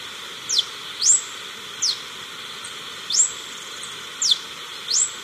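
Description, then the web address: Yellow-throated bush tanager giving thin, very high slurred notes, falling ones alternating with rising ones at uneven intervals, over steady hiss. Ecuador. "Natures Songs S America Birds of Ecuador Yellow-throated Bush-Tanager"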